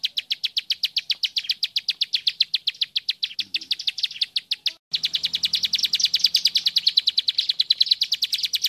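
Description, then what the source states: Bird singing a long, fast run of sharp high chirps, barely pausing near the middle, then resuming with a faint low hum underneath. Birdsong used for training songbirds.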